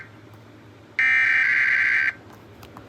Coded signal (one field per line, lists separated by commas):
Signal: Emergency Alert System (SAME) tones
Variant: header bursts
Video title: WDFA Automated Weekly Test [EAS #563]